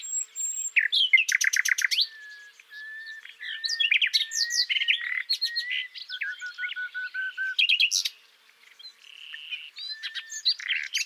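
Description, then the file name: Common nightingale singing a rich, varied song: rapid trilled note bursts, sharp buzzy chirps and low steady whistles, with a brief pause near eight seconds. "Luscinia megarhynchos"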